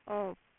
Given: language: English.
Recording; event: throat vibration sensor signal played as sound; speech